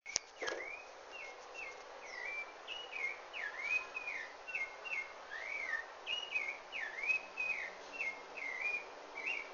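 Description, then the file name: Rufous-bellied thrush song: a steady run of clear whistled phrases, each a short slurred or up-and-down note, repeated with brief gaps against a faint background hiss. Recorded in Brazil. "Turdus rufiventris brasilian"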